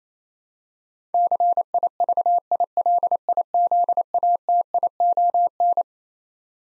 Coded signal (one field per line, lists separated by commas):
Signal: Morse code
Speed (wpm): 28 wpm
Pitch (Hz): 700 Hz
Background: none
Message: CIVILIZATION